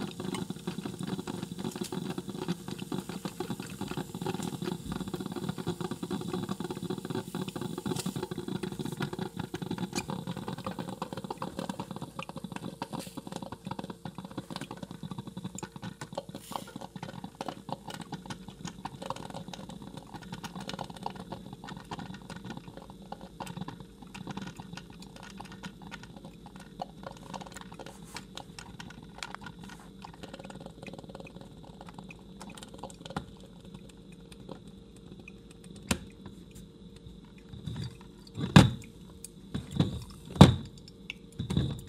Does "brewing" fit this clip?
yes